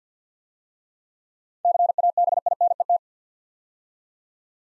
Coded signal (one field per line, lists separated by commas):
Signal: Morse code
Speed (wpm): 53 wpm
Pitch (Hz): 700 Hz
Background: none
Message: CABINET